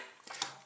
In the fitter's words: Satisfying click. Very nice.